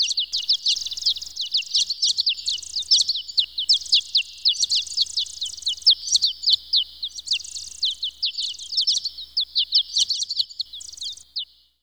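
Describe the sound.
Bird song, fast repeated high chirps in dense bursts, steady throughout with brief gaps, no other clear sounds.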